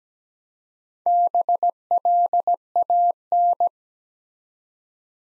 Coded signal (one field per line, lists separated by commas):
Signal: Morse code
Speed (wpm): 17 wpm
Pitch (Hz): 700 Hz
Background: none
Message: BLAN